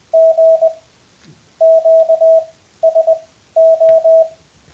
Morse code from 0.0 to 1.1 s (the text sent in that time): G